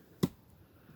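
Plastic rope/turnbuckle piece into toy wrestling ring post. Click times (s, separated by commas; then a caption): 0.2 s. A plastic rope and turnbuckle piece is pressed into the post of a toy wrestling ring and snaps into place with one sharp, bright snap at 0.2 s. A much fainter, low knock follows at 1.0 s over quiet background.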